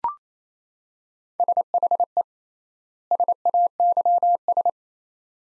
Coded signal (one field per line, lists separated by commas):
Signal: Morse code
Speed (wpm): 28 wpm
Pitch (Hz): 700 Hz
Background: none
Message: SHE SAYS